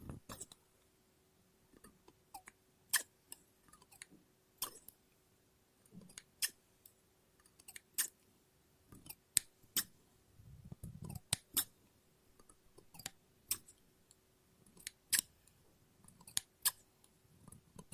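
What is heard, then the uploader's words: Scissors snip paper in sharp, crisp bursts at an uneven pace, roughly once a second, with soft low rustling between cuts. ASMR Scissors No Talking Snips and Cutting Paper.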